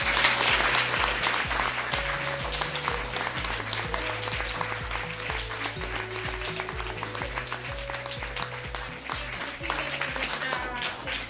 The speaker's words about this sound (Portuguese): Un aplauso, por favor.